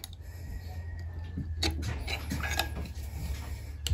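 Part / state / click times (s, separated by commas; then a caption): U-joint retaining clip into CV axle yoke / not seated / none. A metal retaining clip is handled at the U-joint of a CV axle yoke during a Dodge Ram 1500 front-end rebuild, with scattered metallic taps and scrapes over a steady low hum, including a brighter tap at about 2.6 s and a sharp tick at 3.9 s. The clip has not seated or snapped into the yoke yet.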